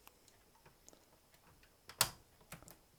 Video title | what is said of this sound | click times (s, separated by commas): How to take apart your Xbox 360 console | until there's a click | 2.0 s